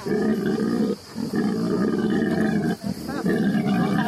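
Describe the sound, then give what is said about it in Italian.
A pig named Peppa lets out loud, drawn-out complaining grunts that sound almost like a roar as she goes off to her bed, broken by two brief pauses, with a harsh, low, rumbling tone throughout. “Questo terribile ruggito è la Peppa, che si sta lamentando probabilmente, e se ne va nel giaciglio.”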